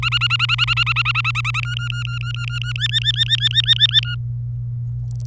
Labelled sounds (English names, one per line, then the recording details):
Domestic Canary song
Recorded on 27 April 2018 at 08:28
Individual llb3